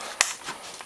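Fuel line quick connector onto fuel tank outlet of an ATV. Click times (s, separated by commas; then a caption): 0.2 s. A fuel line quick-connect fitting with its retaining clip is slid onto the fuel pump/tank outlet nipple of a Foreman 500 Rubicon ATV until it snaps home. A single sharp click at 0.2 s stands out over faint handling noise, with softer rustles around 0.5 and 0.8 s. The connector is seated.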